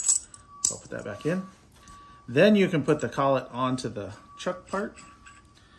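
A metal collet is pushed back into the collet nut of a lathe collet chuck, giving a sharp metallic snap at about 0.7 s as it seats over the inner ring. Someone talks throughout, and the collet is now seated in the nut.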